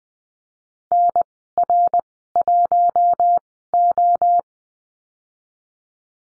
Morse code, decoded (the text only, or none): NR1O